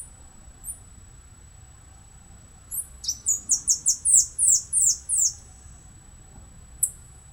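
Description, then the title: Saffron-billed Sparrow giving a quick run of high, thin, descending notes after a single isolated call, then one more single note, with steady faint background noise. "LuckyPassaro Completos2Sama. Saffron-billed Sparrow (Arremon flavirostris)"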